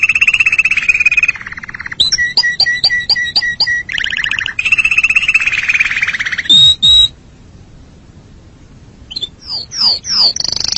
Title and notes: BM Suara Burung Kenari